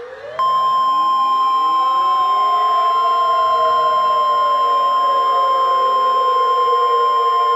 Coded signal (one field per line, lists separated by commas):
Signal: Emergency Alert System (SAME) tones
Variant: 1050 Hz attention tone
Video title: The War to End All Wars: An EAS Scenario